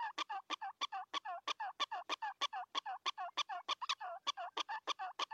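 Prairie dog barking calls, a fast steady series of sharp, harmonic chirps repeated about three times a second throughout.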